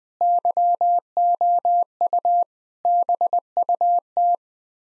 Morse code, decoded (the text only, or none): YOU BUT